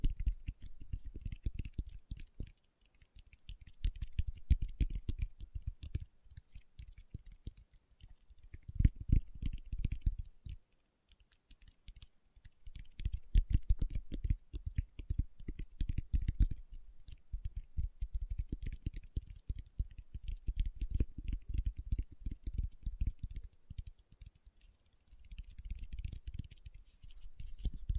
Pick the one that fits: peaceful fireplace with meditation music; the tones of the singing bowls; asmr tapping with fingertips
asmr tapping with fingertips